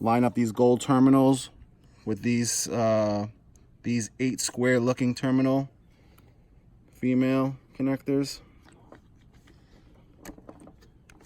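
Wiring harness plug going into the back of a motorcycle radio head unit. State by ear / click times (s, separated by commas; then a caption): not seated / none. Someone talks while lining up the gold terminals of a plastic wiring harness plug with the eight square female terminals on the back of a new Harley GTS radio head unit for a 2014-2018 Road Glide. Faint handling ticks and small taps follow in the quieter stretch as the connector is positioned, before it is pushed in. Nothing has seated or clicked yet.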